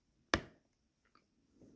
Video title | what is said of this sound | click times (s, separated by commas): The SAFEST and EASIEST way to handle KEYCAPS on a MacBook Pro M2/M3 | so you attempt to do this now you first hear a click but this click is not | 0.3 s